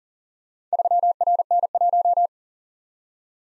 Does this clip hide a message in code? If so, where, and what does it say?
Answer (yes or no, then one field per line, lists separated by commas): yes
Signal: Morse code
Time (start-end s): 0.7-2.3 s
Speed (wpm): 39 wpm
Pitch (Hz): 700 Hz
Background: none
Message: 3RN1